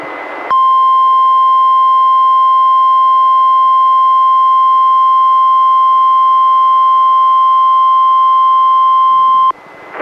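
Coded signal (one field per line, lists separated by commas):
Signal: Emergency Alert System (SAME) tones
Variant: 1050 Hz attention tone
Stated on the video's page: Required Weekly Tests relayed by a NOAA Weather Radio station, recorded from a Reecom R-1630 weather radio through a Zoom H1 audio recorder.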